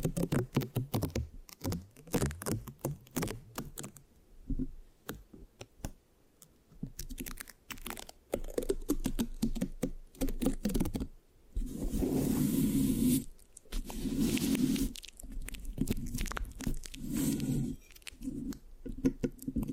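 Microphone scratching and sticky tapping sounds fill the clip, with dense bursts of short crackly strokes that start and stop irregularly. Around twelve to fifteen seconds the scratching turns into a longer, brighter rasping rub, then breaks back into choppy strokes. No talking.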